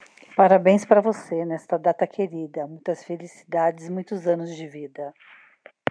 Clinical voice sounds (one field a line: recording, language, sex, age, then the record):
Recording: short text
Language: Brazilian Portuguese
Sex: female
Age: 50 to 59 years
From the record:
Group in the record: control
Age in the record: 54 years